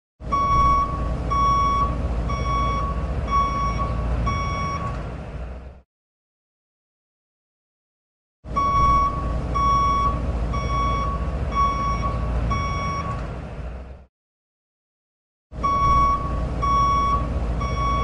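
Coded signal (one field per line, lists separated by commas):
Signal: alarm pattern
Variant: truck reversing beeper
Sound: steady repeating high beeps, about one per second, over a rumbling diesel engine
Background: truck engine idling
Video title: Truck Backing Up Beep sound effects # 092 Free Download YouTube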